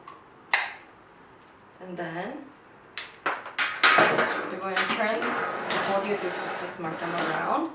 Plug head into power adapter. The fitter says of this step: we're going to push it all the way in until you hear a click.